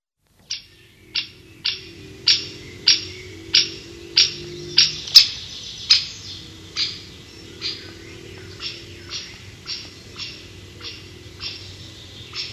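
Great spotted woodpecker calling with a long series of loud, abrupt 'kik' notes at short intervals, growing louder then gradually fading.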